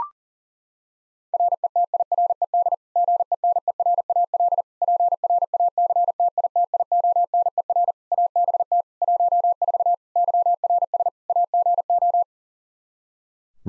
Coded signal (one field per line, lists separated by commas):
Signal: Morse code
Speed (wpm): 40 wpm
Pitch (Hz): 700 Hz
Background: none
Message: RETIRED GENERAL PRACTITIONER ABT 14 YRS AGO